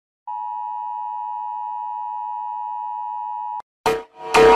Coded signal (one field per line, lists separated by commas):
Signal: Emergency Alert System (SAME) tones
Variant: 853 and 960 Hz attention tone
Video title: Rating EAS alarms around the world (1000 subscribers special)